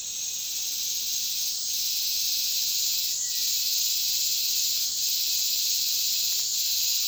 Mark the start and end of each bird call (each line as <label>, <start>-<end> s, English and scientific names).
Cinereous Tinamou (Crypturellus cinereus), 3.02-3.67 s